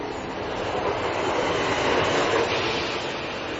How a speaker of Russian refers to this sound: Я постоял немного на цветном бетоне, глядя на вагончик манора. Медленно сошлись прозрачные створки двери, вагон качнулся, приподнялся над рельсом и ровно пошел вперед. Пустой вагон, уходящий из пустого вокзала.